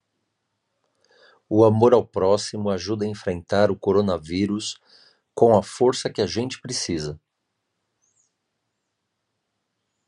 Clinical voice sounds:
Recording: spoken sentence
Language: Brazilian Portuguese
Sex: male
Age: 40 to 49 years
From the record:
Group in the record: control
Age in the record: 47 years

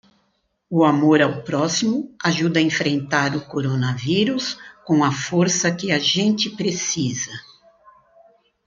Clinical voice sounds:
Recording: spoken sentence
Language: Brazilian Portuguese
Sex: female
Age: 60 to 69 years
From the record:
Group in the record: control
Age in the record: 68 years

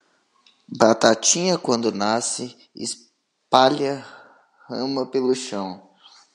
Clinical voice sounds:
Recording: short text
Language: Brazilian Portuguese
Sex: male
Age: 20 to 29 years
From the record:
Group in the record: control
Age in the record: 25 years

